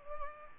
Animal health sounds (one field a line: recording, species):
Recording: mosquito wingbeat signal from an infrared sensor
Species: Culex pipiens